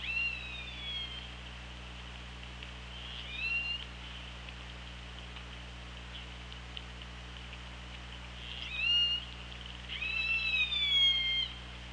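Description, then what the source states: Killer whale calls: several tonal, squealing calls with harmonics, some sweeping down and others rising and falling, separated by quieter stretches of steady hiss and low hum. Recorded on the OrcaLab hydrophone on 24 August 2017 at 16:07:49.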